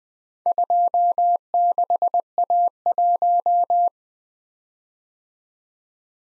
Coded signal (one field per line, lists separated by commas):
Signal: Morse code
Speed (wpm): 24 wpm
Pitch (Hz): 700 Hz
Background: none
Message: 26A1